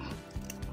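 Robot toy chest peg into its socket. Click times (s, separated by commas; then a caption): 0.5 s. During transformation of a plastic Transformers Studio Series SS78 Deluxe Class ROTF Sideswipe robot toy, the chest is lowered and its peg is pressed into a matching socket. A short, sharp click snaps out at 0.5 s over faint low handling noise. The peg seats in the socket.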